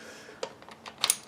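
The metal stock mount washer assembly on the receiver of a DIY CSA VZ-61 Skorpion with a fixed wood stock is worked again after a failed attempt, with a few light ticks and taps from about 0.4 to 0.9 s. A sharp double click at 1.0 s and 1.1 s marks the stock hardware seating into place.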